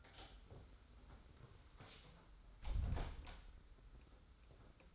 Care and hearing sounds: daily activity, microphone in the room; close door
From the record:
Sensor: 3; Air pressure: 991.5 hPa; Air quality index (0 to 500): 151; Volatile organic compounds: 558 ppm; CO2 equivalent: 4892 ppm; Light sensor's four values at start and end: 46/127/52/45 and 46/127/52/45

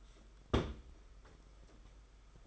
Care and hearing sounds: daily activity, microphone in the room; place on stove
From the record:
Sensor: 5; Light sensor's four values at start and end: 33/106/41/43 and 33/105/40/43

